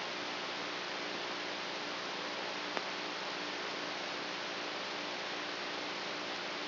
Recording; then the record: brain microelectrode recording played as sound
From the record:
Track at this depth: inside the subthalamic nucleus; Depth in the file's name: 2.604 mm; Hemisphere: right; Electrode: 3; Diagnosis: Parkinson's disease